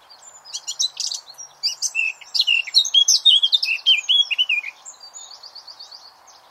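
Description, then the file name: Eurasian blackcap song: scratchy twitter opening into a loud rich fluting warble, trailing off into soft rapid chatter. "Sylvia atricapilla"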